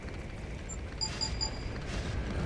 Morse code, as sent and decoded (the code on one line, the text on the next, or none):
none